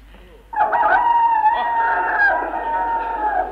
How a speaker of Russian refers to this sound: Первый петух.